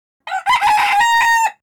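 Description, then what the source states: Rooster crowing, a single loud cock-a-doodle-doo: a short opening note, then a long sustained harsh tone, no other sounds. Used as a phone notification tone.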